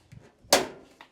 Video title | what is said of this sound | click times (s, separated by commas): How to Easily Convert Gas Dryer To Propane | you should hear a little snap on the right side and the left side as you're putting the front panel back on | 0.5 s